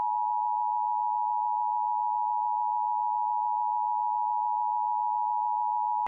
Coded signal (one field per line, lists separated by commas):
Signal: Emergency Alert System (SAME) tones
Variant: 853 and 960 Hz attention tone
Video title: Required WEEKLY TESTS - NO EAS